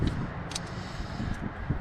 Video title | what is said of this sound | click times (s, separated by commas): New Evap Purge Valve arrived 06 Acura TL 3.2L Vtec#letsgoteam | So it's as simple as that, guys. Plug this in, hear it click. | 0.6 s